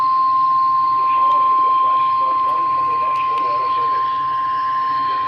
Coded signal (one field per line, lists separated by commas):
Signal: Emergency Alert System (SAME) tones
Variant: 1050 Hz attention tone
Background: speech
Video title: Some Strong To DESTRUCTIVE Storms with 60-80mph wind gusts... EAS Alerts From 7/28/23. (EAS 258-281)